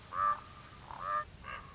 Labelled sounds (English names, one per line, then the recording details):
Common Raven
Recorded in Sonoma County, California